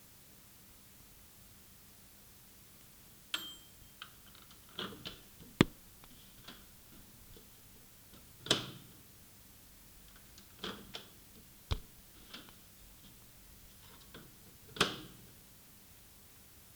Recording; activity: daily activity, guitar pickup as the sensor; use microwave